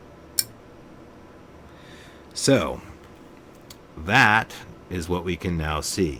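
A steel internal part in a Beretta 92 pistol frame is rotated and worked out until it pops free with a sharp pop at 0.4 s. After a quiet stretch, someone talks.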